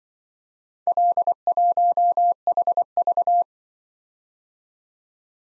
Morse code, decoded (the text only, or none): L1HV